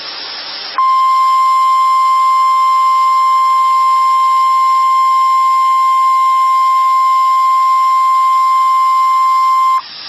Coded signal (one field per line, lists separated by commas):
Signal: Emergency Alert System (SAME) tones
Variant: 1050 Hz attention tone